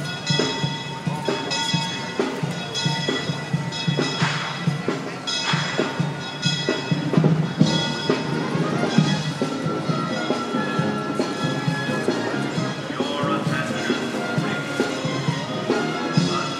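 A busy town square on a warm afternoon, with a steady murmur of crowd chatter and frequent clopping or tapping sounds. Faint high whistle-like tones and a band's music drift in throughout.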